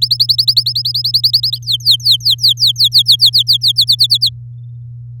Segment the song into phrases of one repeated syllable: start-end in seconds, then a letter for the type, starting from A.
0.01-1.58 A, 1.62-3.72 B, 3.76-4.29 C